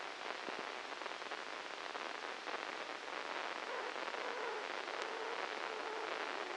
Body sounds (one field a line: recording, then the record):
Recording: brain microelectrode recording played as sound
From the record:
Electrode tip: inside the subthalamic nucleus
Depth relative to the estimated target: -1 mm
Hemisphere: left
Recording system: NeuroSet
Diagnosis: Parkinson's disease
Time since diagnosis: 13 years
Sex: male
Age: 63 years